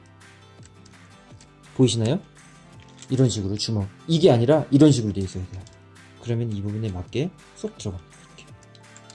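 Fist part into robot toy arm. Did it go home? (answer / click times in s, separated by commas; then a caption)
no / none. A fist part for a Soul of Chogokin GX-59 Daltanious die-cast robot toy is handled and lined up with its matching slot in the arm while someone talks, with a few faint small ticks of handling in between. Nothing has seated or clicked into place yet.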